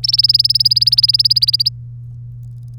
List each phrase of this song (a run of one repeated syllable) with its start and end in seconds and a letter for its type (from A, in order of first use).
0.03-1.69 A